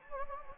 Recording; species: mosquito wingbeat signal from an infrared sensor; Anopheles gambiae